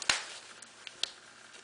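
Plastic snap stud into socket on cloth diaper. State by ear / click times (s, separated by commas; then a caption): seated / 0.1 s, 1.0 s. Two plastic snap studs are pressed by hand into their sockets on a converted cloth diaper, giving sharp clicks at 0.1 s and 1.0 s with faint small ticks around them. Both snaps click closed and are seated.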